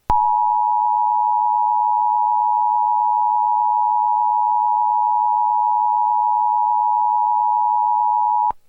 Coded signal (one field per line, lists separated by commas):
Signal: Emergency Alert System (SAME) tones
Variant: 853 and 960 Hz attention tone